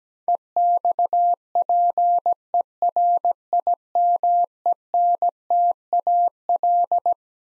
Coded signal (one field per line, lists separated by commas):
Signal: Morse code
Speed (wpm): 17 wpm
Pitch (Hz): 700 Hz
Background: none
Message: EXPERIMENTAL